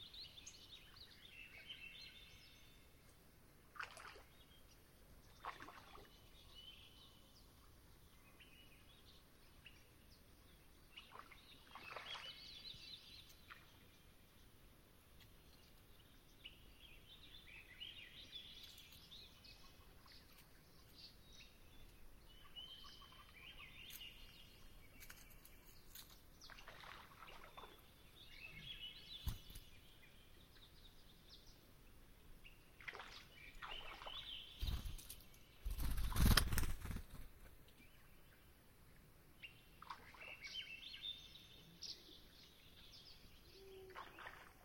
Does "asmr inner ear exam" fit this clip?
no